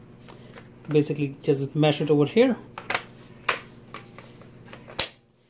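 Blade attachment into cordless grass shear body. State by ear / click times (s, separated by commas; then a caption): seated / 5.0 s. Someone talks while pressing the blade or gear assembly attachment onto the body of a cordless grass shear, with a few sharp knocks as the parts are handled. The attachment snaps into place with a sharp click at 5.0 s, and it is seated.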